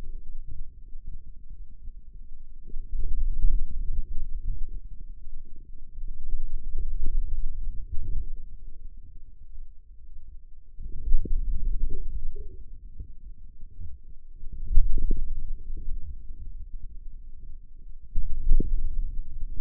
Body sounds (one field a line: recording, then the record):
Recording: forearm muscle sounds (acoustic myography)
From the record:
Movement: radial deviation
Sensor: system 2, bracelet of six BSWA MPA416 microphones around the upper forearm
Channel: 6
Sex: female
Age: 21 years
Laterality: right